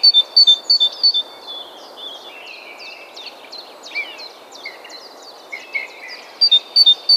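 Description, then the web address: Great tit calls: a burst of ringing paired notes at the start and again at the end, with a busy twittering chorus between. "SETE Parus major"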